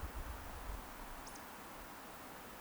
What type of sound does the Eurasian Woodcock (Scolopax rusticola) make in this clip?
whistle